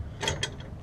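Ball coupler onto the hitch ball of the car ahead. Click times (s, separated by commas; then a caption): 0.4 s. A ball coupler on the front of a trackless train car is set on the hitch ball of the car ahead and slid forward until it locks in place. Low mechanical rumbling runs under a clack at 0.3 s and a sharp, louder clack at 0.4 s as the coupler seats, followed by a faint softer tick at 0.6 s. The coupler is locked onto the ball.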